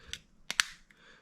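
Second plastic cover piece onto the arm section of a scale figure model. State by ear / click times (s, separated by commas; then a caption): seated / 0.5 s, 0.6 s. A second plastic cover piece is pressed onto its pegs on the right arm section of an Iron Man Mark III scale figure model. Sharp snaps are heard at 0.5 s and 0.6 s, with fainter ticks around 0.1 s and 0.9 s. The cover seats fully on its pegs.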